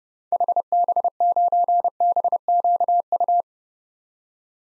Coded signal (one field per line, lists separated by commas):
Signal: Morse code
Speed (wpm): 30 wpm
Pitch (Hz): 700 Hz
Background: none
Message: HB9BQU